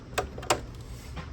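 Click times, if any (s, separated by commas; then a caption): none. A small plastic plate is anchored back onto a PS5 console housing during reassembly and pressed down, but it fails to snap into place, probably because the piece was damaged when it was dropped. Sharp plastic handling ticks are heard at about 0.2 and 0.5 seconds, with a fainter one near 0.4 seconds and a soft tap around 1.2 seconds. Nothing has seated or clicked yet.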